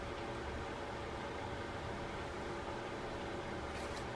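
A metal spring is pushed back into the groove of the spool of a DAM SL3 saltwater fishing reel during reassembly after servicing. Only a steady, even broadband hiss and low hum are heard, with faint high-pitched rustles near 3.8 to 4.0 seconds. The spring has not snapped into its groove yet; nothing has seated.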